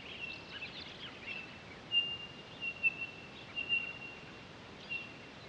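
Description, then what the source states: Townsend's solitaire uttering short, clear whistled notes at one high pitch, spaced irregularly, with a brief warbled phrase near the start and background hiss. Recorded 23 October 2011.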